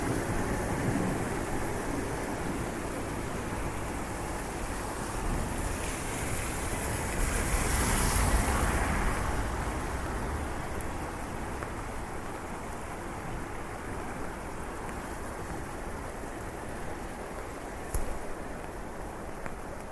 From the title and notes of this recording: Walking in the rain streets of Switzerland with a very high-definition binaural microphone.